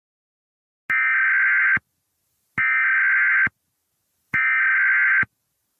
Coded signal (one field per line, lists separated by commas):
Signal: Emergency Alert System (SAME) tones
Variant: header bursts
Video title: EAS Scenario #28 Invasion of The Ghost Types